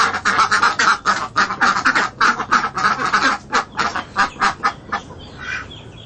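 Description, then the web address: Ducks quacking in a rapid, continuous series of harsh, nasal calls, about four per second, thinning out toward the end. "Lynne Music Marketplace-Ducks"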